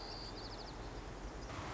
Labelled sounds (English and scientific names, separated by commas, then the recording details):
White-crowned Sparrow (Zonotrichia leucophrys)
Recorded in Sonoma County, California